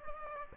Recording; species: mosquito wingbeat signal from an infrared sensor; Aedes aegypti